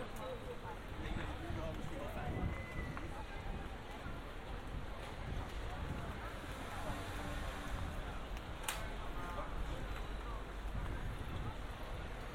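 A binaural field recording made in June in Amsterdam: a steady, busy outdoor wash with a low rumble and murmuring voices throughout. Brief clinks and scrapes come and go, and a single sharp, bright click stands out near the nine-second mark.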